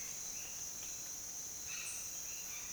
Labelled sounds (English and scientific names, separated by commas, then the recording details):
none
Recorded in dense forest near Puerto Asís, Putumayo, Colombia, on 22 June 2025 at 07:30
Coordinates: 0.484, -76.325
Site H65